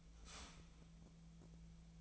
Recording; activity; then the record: daily activity, microphone in the room; start toaster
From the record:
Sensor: 1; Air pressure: 1009.3 hPa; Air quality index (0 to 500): 196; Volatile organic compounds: 19 ppm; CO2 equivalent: 2671 ppm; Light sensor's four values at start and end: 27/70/29/34 and 27/70/29/34